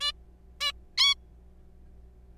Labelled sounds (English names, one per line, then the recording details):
Zebra Finch
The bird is a juvenile
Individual R3428